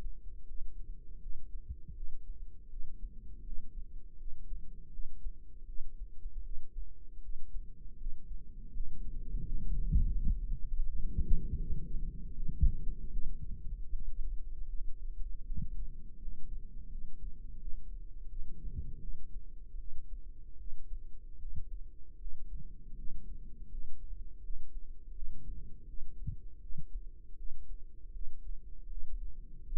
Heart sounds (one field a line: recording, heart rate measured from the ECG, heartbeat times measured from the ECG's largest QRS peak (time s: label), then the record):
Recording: heart sounds by microphone in the right ear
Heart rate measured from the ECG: 80 bpm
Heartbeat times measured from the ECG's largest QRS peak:
0.45 s: heartbeat
1.18 s: heartbeat
1.93 s: heartbeat
2.68 s: heartbeat
3.42 s: heartbeat
4.16 s: heartbeat
4.89 s: heartbeat
5.64 s: heartbeat
6.41 s: heartbeat
7.20 s: heartbeat
7.96 s: heartbeat
8.70 s: heartbeat
9.43 s: heartbeat
10.14 s: heartbeat
10.84 s: heartbeat
11.57 s: heartbeat
12.32 s: heartbeat
13.10 s: heartbeat
13.89 s: heartbeat
14.67 s: heartbeat
15.44 s: heartbeat
16.18 s: heartbeat
16.88 s: heartbeat
17.58 s: heartbeat
18.27 s: heartbeat
18.99 s: heartbeat
19.77 s: heartbeat
20.56 s: heartbeat
21.37 s: heartbeat
22.17 s: heartbeat
22.94 s: heartbeat
23.68 s: heartbeat
24.41 s: heartbeat
25.13 s: heartbeat
25.85 s: heartbeat
26.59 s: heartbeat
27.35 s: heartbeat
28.11 s: heartbeat
28.87 s: heartbeat
29.62 s: heartbeat
From the record:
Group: healthy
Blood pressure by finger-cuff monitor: 115/68 mmHg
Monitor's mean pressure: 83 mmHg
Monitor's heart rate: 79 bpm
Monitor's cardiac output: 7.8 L/min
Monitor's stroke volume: 98 mL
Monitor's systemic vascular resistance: 780 dyn s/cm5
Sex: male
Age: 33 years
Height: 179 cm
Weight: 80.4 kg